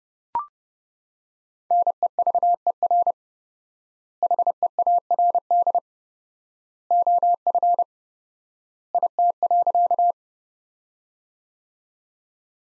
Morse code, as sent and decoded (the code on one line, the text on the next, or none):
-. . ...- . .-. / .... . .- .-. -.. / --- ..-. / .. - .-.-.-
NEVER HEARD OF IT.